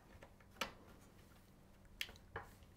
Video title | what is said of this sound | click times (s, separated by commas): Detailed Build in Montech King 95 Pro PC Case | make sure it clicks properly other you know there's been problems with these cables | 2.0 s